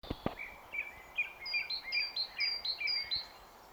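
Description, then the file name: Great tit repeating a bright two-note phrase, high then slightly lower, about twice a second, after a few soft lower chirps and two brief knocks at the start. "Parus major"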